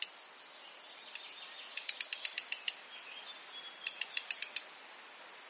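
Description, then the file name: Black redstart calling, high brief upslurred whistles alternating with rapid runs of several hard clicking ticks. "Phoenicurus ochruros - Black Redstart"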